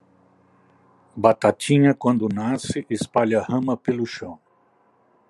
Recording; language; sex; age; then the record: short text; Brazilian Portuguese; male; 60 to 69 years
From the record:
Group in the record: control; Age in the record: 63 years